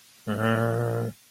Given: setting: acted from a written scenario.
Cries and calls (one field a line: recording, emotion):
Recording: vocal sound without words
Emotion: disappointment